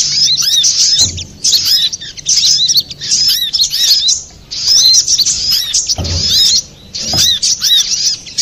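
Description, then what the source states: Little spiderhunter song: fast, high chattering phrases of curved whistled notes, delivered in bursts with brief gaps and a few low thumps. Master recording for training cage birds; Indonesian name sogok ontong, labelled Labaik.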